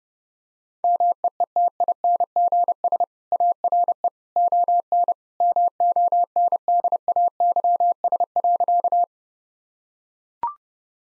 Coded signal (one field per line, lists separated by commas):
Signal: Morse code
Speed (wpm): 30 wpm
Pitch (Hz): 700 Hz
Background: none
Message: MEETINGS ARE ON MONDAYS.